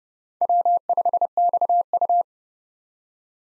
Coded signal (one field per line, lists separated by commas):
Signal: Morse code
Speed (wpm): 30 wpm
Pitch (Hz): 700 Hz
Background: none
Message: W5XU